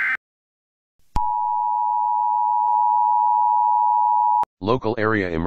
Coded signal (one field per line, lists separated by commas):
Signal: Emergency Alert System (SAME) tones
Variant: 853 and 960 Hz attention tone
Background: speech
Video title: EAS Scenario #1: The World's Gone Beautiful